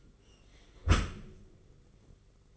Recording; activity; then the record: daily activity, microphone in the room; close dishwasher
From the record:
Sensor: 4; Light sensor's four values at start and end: 22/73/27/28 and 22/73/27/28